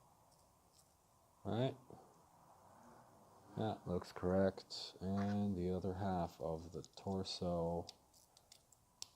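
Someone talks, then the other plastic torso half of a Zoids Wild Raptor model kit is fitted onto the toy model body with a quick series of small clicks around 8.4, 8.5 and 8.7 seconds. The final, strongest snap at 9.0 seconds marks the torso half seated in place.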